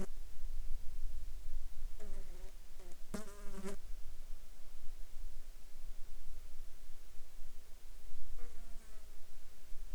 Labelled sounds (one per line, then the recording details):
insects
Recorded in the Arctic National Wildlife Refuge, Alaska, on 14 July 2019 at 21:31
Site 35